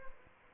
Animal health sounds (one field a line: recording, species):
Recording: mosquito wingbeat signal from an infrared sensor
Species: Aedes albopictus